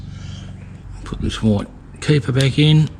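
A white plastic terminal keeper is handled as it is pushed back into an injector connector housing while someone talks, with a brief sharp sound near 1.1 seconds. The keeper is meant to click in and go all the way when it is in right, but nothing has seated or clicked yet.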